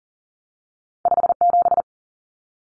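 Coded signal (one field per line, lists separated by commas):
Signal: Morse code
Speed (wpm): 40 wpm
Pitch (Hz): 700 Hz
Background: none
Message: 57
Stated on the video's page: Two-digit cut numbers sent at 40 wpm for head-copy practice, each sent in Morse, spoken, then sent again.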